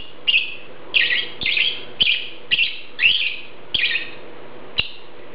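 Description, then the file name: Lovebird calls, harsh high chirps repeated about twice a second, some doubled, over a faint low hum. "Prostaya fauna Golosa ptic - Nerazluchniki lat Agapornis (Zvyki com)"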